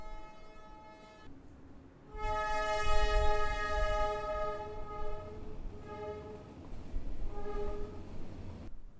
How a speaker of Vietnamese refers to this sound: Khi quý vị nghe cái tiếng tàu hỏa đi ngang qua, quý vị có cảm giác gì? Có thấy ồn ào không?